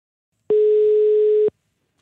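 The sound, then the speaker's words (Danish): A telephone ringing tone on an outgoing call by Weekendavisen's literature editor to a nominee for the paper's literature prize: one steady, mid-pitched electronic beep lasting about a second, starting and stopping abruptly, with silence before and after and no voices. “lad os lige høre, hvordan Christian Eganter Skov reagerede, da vores litteraturredaktør David Turner Jacobsen ringede til ham.”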